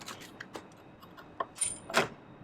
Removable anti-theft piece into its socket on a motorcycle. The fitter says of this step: there we go i think clicks right in and